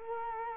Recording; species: mosquito wingbeat signal from an infrared sensor; Culex quinquefasciatus